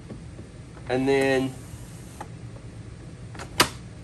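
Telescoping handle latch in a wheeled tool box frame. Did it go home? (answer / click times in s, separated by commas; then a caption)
yes / 3.6 s. Someone talks briefly while the telescoping handle of a wheeled plastic Milwaukee Packout tool box is pulled up. At 3.6 s a sharp click is heard as its latch engages in the fully raised position. The handle locks there so it won't move up and down when the box is rolled around.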